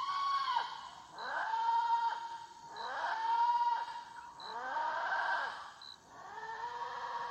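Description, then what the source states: Spider monkey giving whinnying, descending calls with a rough edge, repeated several times, with faint high bird notes between. Spider monkey waking at the end of the night, tropical forest of the Nouragues reserve, French Guiana, as the first dawn birds begin singing.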